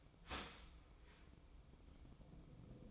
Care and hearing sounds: daily activity, microphone in the room; start toaster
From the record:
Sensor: 1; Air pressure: 1007.1 hPa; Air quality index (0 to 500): 73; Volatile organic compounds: 1 ppm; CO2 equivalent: 653 ppm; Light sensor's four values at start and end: 8/18/7/8 and 8/18/7/8

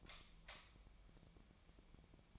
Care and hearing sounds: daily activity, microphone in the room; light off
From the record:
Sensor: 1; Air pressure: 1009.8 hPa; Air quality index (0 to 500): 188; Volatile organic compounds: 17 ppm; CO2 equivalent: 2582 ppm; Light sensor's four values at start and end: 47/134/55/63 and 36/93/39/47

